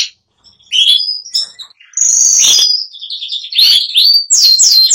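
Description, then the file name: Spanish giboso canary singing a varied phrase of high whistled notes, buzzy slurs and a noisy burst, ending in quick repeated downward-sweeping notes. "canto do canario giboso espanhol"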